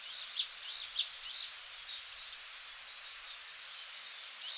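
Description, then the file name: Japanese tit calls: sharp, high chirps in a quick cluster, then a softer, faster run of thin notes, and one more chirp at the end. Recorded in Okinawa, Japan, on 11 March 2006. "sijuukara 1 okinawa kaji"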